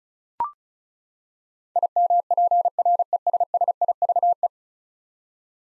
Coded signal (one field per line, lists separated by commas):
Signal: Morse code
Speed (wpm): 36 wpm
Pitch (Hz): 700 Hz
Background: none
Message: IMPRESSIVE